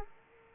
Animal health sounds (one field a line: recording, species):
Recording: mosquito wingbeat signal from an infrared sensor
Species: Aedes aegypti